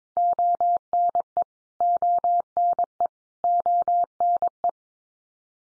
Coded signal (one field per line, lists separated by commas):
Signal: Morse code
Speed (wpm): 22 wpm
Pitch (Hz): 700 Hz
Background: none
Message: ONE ONE ONE